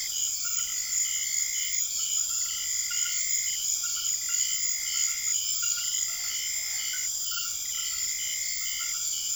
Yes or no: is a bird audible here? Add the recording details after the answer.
no. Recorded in secondary vegetation near Puerto Asís, Putumayo, Colombia, on 25 June 2025 at 20:00. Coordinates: 0.500, -76.326. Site GP08